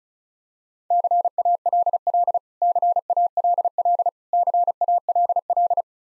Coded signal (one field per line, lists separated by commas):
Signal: Morse code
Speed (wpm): 36 wpm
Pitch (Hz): 700 Hz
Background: none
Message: CALL CALL CALL